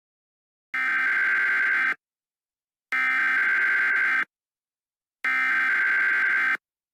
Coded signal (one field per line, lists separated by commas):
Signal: Emergency Alert System (SAME) tones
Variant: header bursts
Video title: Creatures of the blood moon (EAS and also your Halloween video)